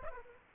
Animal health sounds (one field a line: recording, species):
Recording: mosquito wingbeat signal from an infrared sensor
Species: Aedes aegypti